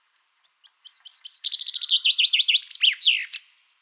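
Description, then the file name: Common chaffinch song: a bright run of high notes that speeds up into a rattling descending trill and ends in a sharp flourish, about three seconds long. "Fringilla coelebs"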